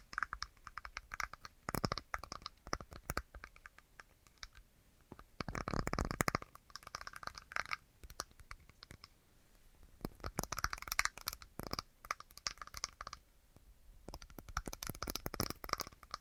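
Fingertips tap and scratch across objects in quick, irregular bursts of crisp, bright clicks. Clusters of tapping come and go, with a louder, fuller stretch near six seconds and a busier run after ten seconds, separated by brief quieter gaps.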